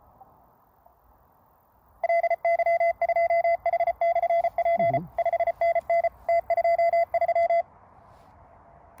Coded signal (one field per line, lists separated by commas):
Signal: Morse code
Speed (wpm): 34 wpm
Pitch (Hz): 680 Hz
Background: none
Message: LY2H/P 5NN T23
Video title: Multi-band, Low-loss, works without ATU. ZS6BKW: is it my new POTA antenna?!